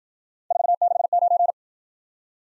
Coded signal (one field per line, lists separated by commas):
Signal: Morse code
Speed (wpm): 52 wpm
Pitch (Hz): 700 Hz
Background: none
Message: 469